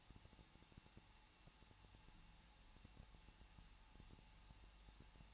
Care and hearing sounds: daily activity, microphone in the room; no activity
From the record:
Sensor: 1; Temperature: 20.1 degrees Celsius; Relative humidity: 39.2%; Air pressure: 1006.3 hPa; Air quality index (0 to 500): 218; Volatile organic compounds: 78 ppm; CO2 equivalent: 3591 ppm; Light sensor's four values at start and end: 1/2/1/1 and 1/2/1/1

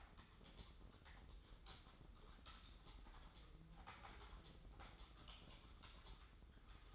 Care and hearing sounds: daily activity, microphone in the room; typing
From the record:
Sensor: 3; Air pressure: 995.3 hPa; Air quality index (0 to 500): 78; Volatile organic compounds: 6 ppm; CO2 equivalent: 1845 ppm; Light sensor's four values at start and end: 18/56/23/20 and 18/56/23/20

